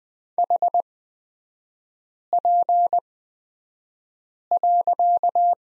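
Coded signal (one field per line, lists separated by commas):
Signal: Morse code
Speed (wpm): 20 wpm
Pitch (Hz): 700 Hz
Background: none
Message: HP.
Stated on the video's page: Morse code course lesson on the period with three-character groups, Farnsworth speed 20/10 wpm.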